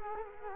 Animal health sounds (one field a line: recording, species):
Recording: mosquito wingbeat signal from an infrared sensor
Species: Culex quinquefasciatus